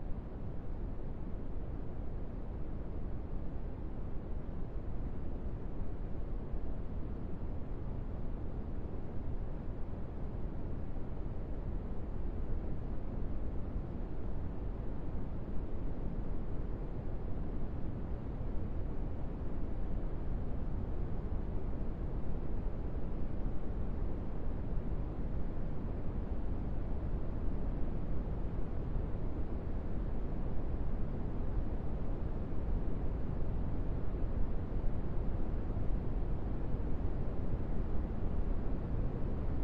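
Smoothed brown noise runs steadily for the whole forty seconds, a deep, even rumble weighted heavily toward the low end with a soft, muffled top. There are no events or changes in level, just a constant dense wash like engine or wind roar.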